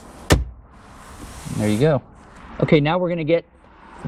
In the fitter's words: you should hear everything snap into place there